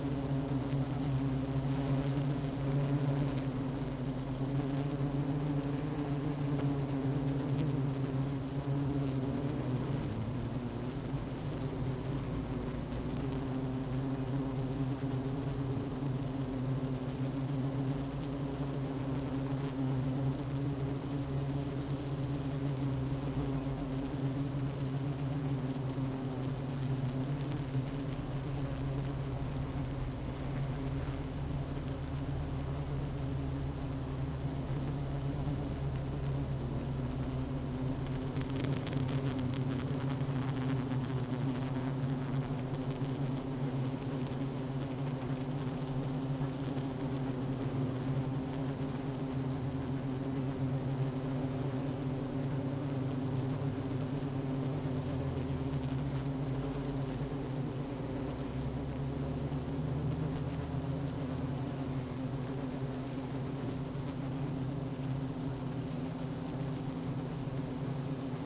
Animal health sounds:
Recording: honeybee colony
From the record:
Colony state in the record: active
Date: 12 June 2018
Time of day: 10:03

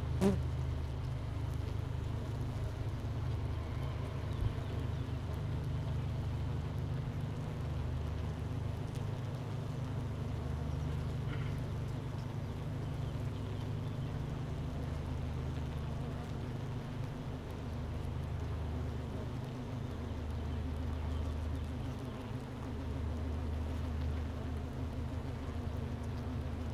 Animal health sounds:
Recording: honeybee colony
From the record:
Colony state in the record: missing queen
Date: 31 May 2018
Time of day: 9:59

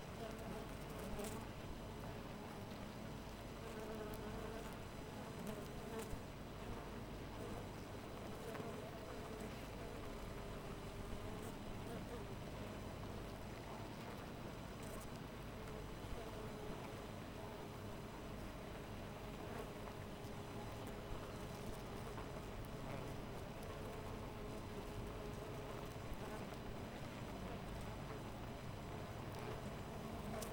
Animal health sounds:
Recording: honeybee colony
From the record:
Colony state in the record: missing queen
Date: 14 July 2017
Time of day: 5:13

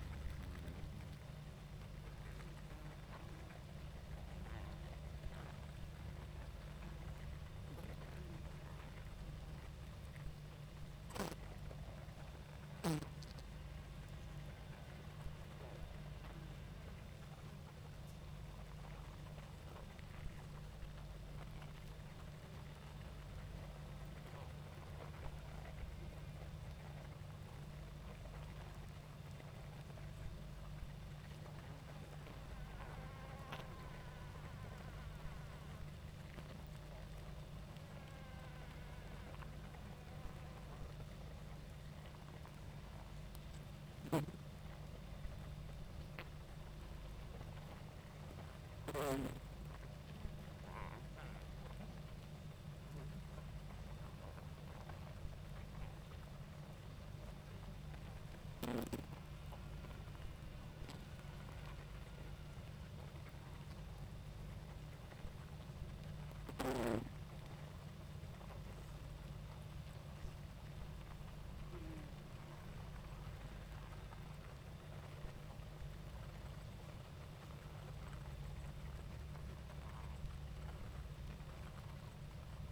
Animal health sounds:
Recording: honeybee colony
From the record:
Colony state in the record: active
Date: 28 July 2017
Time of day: 20:30

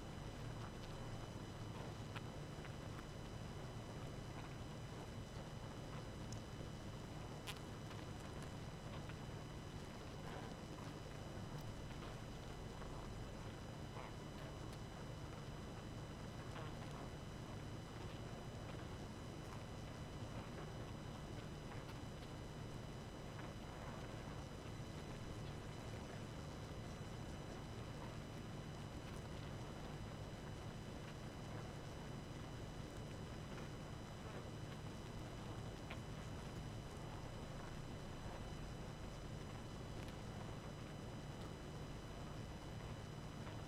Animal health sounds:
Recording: honeybee colony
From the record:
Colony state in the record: active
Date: 12 June 2018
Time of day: 22:44

